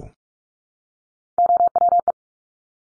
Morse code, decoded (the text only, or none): OWE